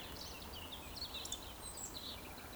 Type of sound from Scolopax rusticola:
whistle